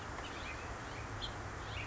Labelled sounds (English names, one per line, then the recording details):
House Finch
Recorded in Sonoma County, California